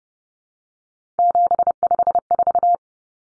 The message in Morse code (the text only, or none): 754